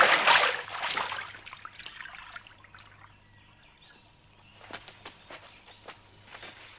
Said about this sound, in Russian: Фрол замахивается и бросает камень в воду.